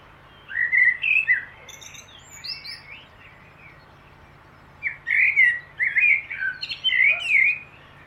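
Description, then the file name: Common blackbird singing two mellow, warbling phrases, each breaking into high, scratchy twittering, separated by a few seconds of quiet. "Turdus merula"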